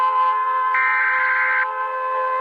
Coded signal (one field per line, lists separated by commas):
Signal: Emergency Alert System (SAME) tones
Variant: header bursts